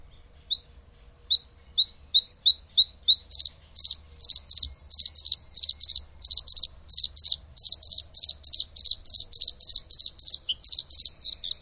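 Bird song: a few spaced high chips, then a fast run of sharp, high chirping notes repeated about three times a second, steady and bright throughout.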